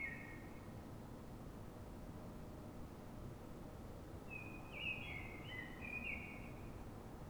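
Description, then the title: Common blackbird singing a fluted, warbling phrase of clear whistled notes, with a clipped fragment at the start, over a steady low rumble of background noise. Singing urban blackbird in Fuenlabrada, Madrid, Spain, before dawn, described as a call-type sound; recorded with a handheld digital recorder. "Pl. de Francisco Escolar, 10, Fuenlabrada, Madrid, España - Sonido Reclamo de Mirlo"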